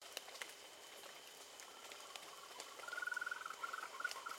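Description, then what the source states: Frog call: after a quiet, hissy start, a rapid train of pulsed notes begins midway and runs to the end, with faint clicks and patter in the background. Recorded on 9 December 2020 at night, around 20:32.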